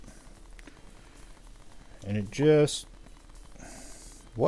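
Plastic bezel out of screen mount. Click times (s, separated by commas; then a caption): 0.6 s, 0.7 s. A knife pried under the edge of a plastic bezel on a Kingroon KP3S screen mount pops the bezel free, with short clicks at 0.6 s and 0.7 s. Someone talks briefly afterward. The bezel comes out of the screen mount.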